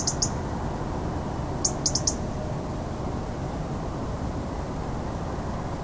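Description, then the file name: European robin giving sharp, high ticking calls: a quick pair at the start, then a fast run of four ticks, all over a steady low rumble. "Erithacus rubecula"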